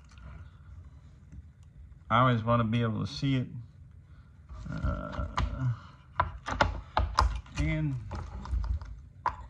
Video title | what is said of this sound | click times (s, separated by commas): Replacing a chainsaw chain, in a bit longer than twice what it should take. | I got it down far enough that it clicked in. | 9.3 s